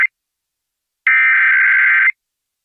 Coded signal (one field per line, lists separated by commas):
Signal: Emergency Alert System (SAME) tones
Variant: header bursts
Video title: Oregon EAS Alert: Required Monthly Test (08/07/2023)